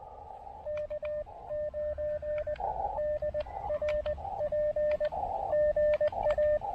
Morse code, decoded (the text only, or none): K9DRP GA